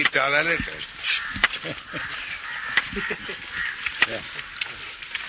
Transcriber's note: laughs